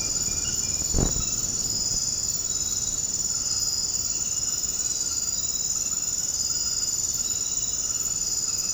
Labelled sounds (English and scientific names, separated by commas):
none